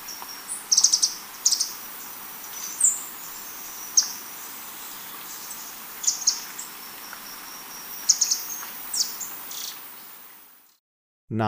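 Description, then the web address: Handsome flycatcher giving high, sharp ticking notes in small groups every second or two, the recording dropping out before a different loud sound starts abruptly at the very end. Ecuador, South America. "Natures Songs S America Birds of Ecuador Handsome Flycatcher"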